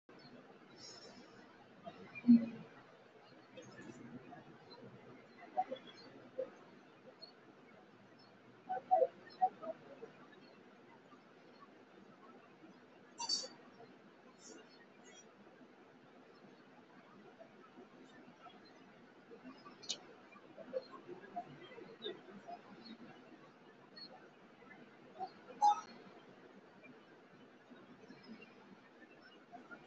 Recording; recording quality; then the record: shallow breathing; excellent, no background noise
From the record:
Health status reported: healthy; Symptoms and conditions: none ticked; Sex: female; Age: 20 years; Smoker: not ticked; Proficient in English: yes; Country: India